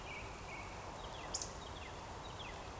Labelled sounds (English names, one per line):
Eurasian Woodcock